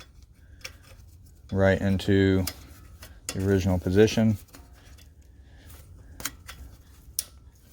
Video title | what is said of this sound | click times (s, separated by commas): 2006 Porsche Cayenne: Brake Pad Replacement | you hear a click or make sure it's completely seated and then that's how you put | 7.2 s